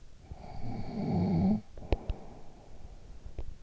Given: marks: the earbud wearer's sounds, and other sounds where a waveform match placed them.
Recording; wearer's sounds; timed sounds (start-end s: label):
sounds in sleep by an in-ear microphone; snoring breath
0.01-3.63 s: snoring breath